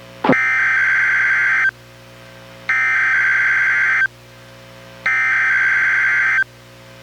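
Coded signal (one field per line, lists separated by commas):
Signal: Emergency Alert System (SAME) tones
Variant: header bursts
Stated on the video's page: Weekly test relayed by a NOAA weather radio station, recorded from a Reecom R-1630 weather radio into a Zoom H1 recorder.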